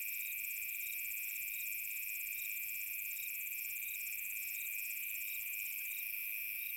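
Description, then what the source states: Crickets trilling steadily while chirps repeat in quick pulses above; the highest buzzing layer shifts slightly near the end. Summer night.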